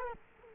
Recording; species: mosquito wingbeat signal from an infrared sensor; Culex quinquefasciatus